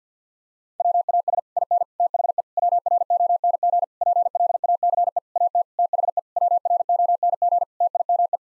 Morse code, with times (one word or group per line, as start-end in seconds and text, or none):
0.8-1.4 WAS
1.6-1.8 IN
2.0-2.4 THE
2.6-3.8 WRONG
4.0-5.2 PLACE
5.4-5.6 AT
5.8-6.2 THE
6.4-7.6 WRONG
7.8-8.4 TIME